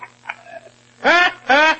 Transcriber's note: laughs